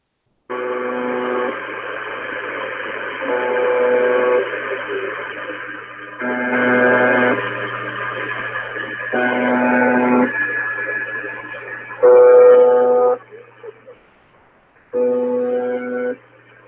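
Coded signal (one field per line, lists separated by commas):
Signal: channel marker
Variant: UVB-76 (The Buzzer)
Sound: harsh low buzz lasting about a second, repeating every few seconds over hissy static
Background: radio static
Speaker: is known as the buzzer uvb-76 is a radio signal of unknown origin no one knows what it's purposes are why it's happening they suspect it may be of Russian origin and here is where it's what it sounds like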